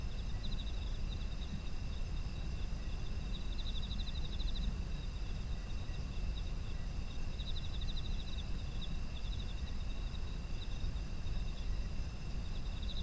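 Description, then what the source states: Insects trilling: sustained high shrill tones and pulsed chirp bursts recurring every few seconds, beneath a constant deep background rumble. Autumn insect ambient sound.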